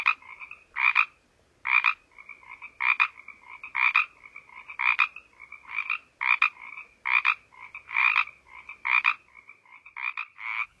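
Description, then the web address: Pacific chorus frog giving steady two-note croaks roughly every second, with softer calls filling the gaps. North America. "Songs of Frogs Toads of North America. Pacific Chorus Frog"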